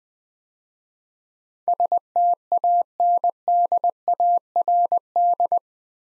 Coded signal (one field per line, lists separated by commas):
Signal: Morse code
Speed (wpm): 21 wpm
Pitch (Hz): 700 Hz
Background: none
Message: STANDARD